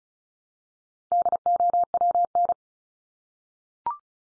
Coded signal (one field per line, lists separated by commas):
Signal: Morse code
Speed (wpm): 34 wpm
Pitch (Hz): 700 Hz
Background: none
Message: DOWN